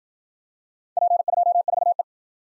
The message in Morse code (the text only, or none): P24E